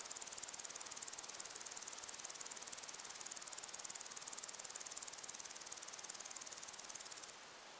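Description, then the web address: Crickets keep up a fast, regular high-pitched pulsing trill that drops away abruptly near the end, leaving a softer hiss. Crickets together with other insects in long grass on a windy day. "beanstalk-audio Crickets and insects in windy long grass"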